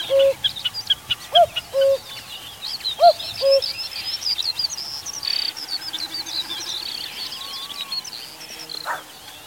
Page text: Common Cuckoo. knut the bird nerd